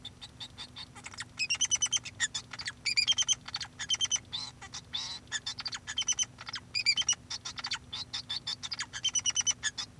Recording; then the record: song of a male Bengalese finch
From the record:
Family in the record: son of father 2